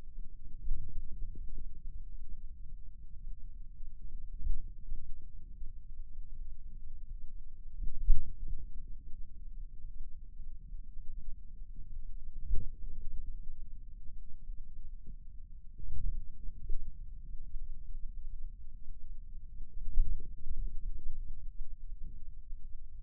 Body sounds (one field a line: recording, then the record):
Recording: forearm muscle sounds (acoustic myography)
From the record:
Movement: ulnar deviation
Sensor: system 2, bracelet of six BSWA MPA416 microphones around the upper forearm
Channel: 1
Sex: male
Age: 22 years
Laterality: right